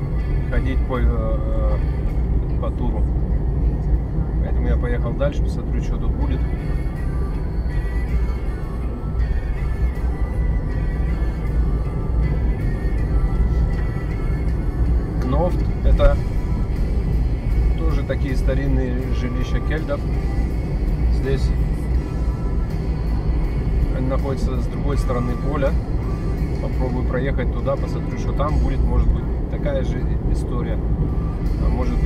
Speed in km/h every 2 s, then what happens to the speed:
47, 48, 46, 48, 45, 49, 55, 54, 49, 46, 51, 52, 57, 58, 59, 55.
0-8 steady at about 47. 8-13 speeds up to 55. 13-18 slows to 46. 18-26 speeds up to 58.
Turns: none.